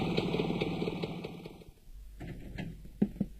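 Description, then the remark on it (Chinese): A motorcycle arriving downstairs below a building: its engine chugs with a low, steady rhythmic throb, then cuts out, leaving a quieter stretch broken by a few sharp clicks and knocks. “正在他犹豫不决的时候，楼下响起了摩托车的声音。”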